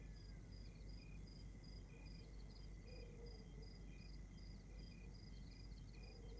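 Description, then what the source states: Crickets give repeated short chirps at different pitches, several per second, above a faint continuous whine and broad low rumble. Exterior night ambience recorded in Rwanda.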